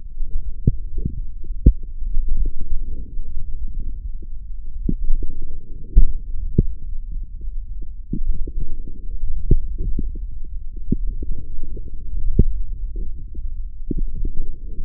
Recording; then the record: forearm muscle sounds (acoustic myography)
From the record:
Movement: forearm pronation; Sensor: system 1, eight BSWA MPA416 microphones around the upper forearm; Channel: 5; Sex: male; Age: 20 years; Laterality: left